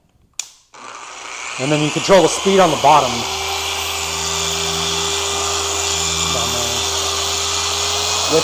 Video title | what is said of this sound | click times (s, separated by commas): Hyundai Elantra In Depth Detail!!! Part 1 | push that all the way up it'll lock into place | 0.4 s